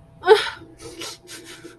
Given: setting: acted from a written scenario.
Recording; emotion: vocal sound without words; shame